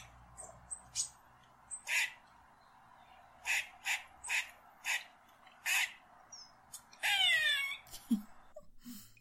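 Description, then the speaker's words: Squirrel alarm call: a string of harsh barking chucks at uneven intervals, then a drawn-out raspy scold and two soft low notes. Distinctive alarm call, the squirrel telling you to go away. "And squirrels have a very distinctive alarm call, and if you live around squirrels, this is going to sound really familiar."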